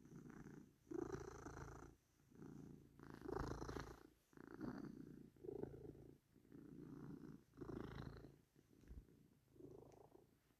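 Cat purring, a low rumble that swells and fades with each breath in several pulses, with short quiet gaps between.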